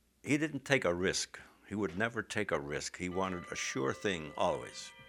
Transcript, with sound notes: he didn't take a risk. He would never take a ( a clock chimes ) He wanted a sure thing always.